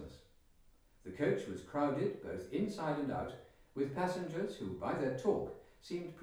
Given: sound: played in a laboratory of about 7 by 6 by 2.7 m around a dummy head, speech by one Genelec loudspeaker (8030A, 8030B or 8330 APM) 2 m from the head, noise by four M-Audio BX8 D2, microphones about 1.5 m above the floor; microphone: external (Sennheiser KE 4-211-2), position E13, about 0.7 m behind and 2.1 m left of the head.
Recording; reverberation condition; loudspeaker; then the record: male speech in English; medium; 120 degrees to the right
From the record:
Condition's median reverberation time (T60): about 510 ms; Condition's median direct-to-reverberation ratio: about -0.5 dB